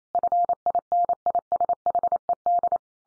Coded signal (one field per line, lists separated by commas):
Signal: Morse code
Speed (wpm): 28 wpm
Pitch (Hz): 700 Hz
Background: none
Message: FINISHED